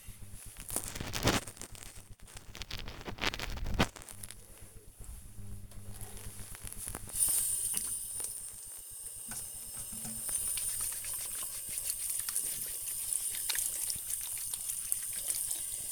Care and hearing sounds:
household activities, microphone on the right wrist
4.83-15.92 s: washing hands

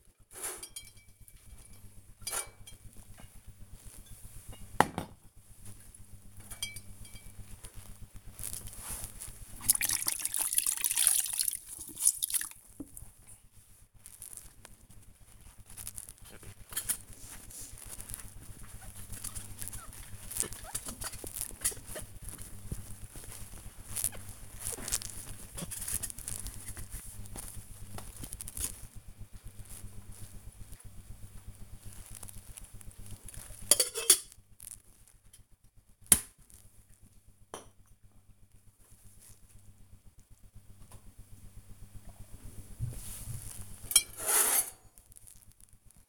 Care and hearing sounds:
household activities, microphone on the right wrist
0.00-38.45 s: cleaning the cupboard
40.46-46.09 s: cleaning the cupboard

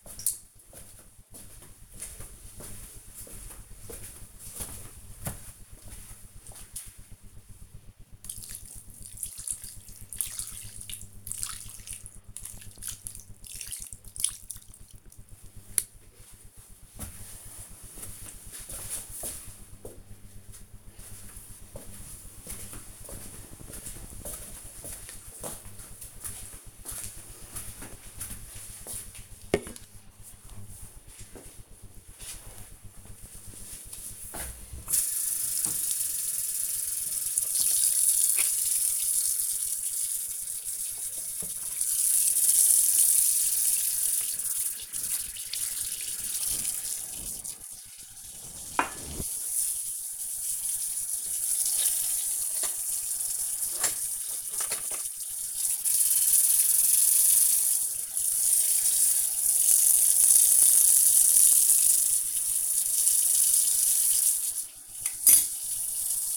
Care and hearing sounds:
household activities, microphone on the right wrist
0.00-14.88 s: watering plant
31.97-66.37 s: washing dishes

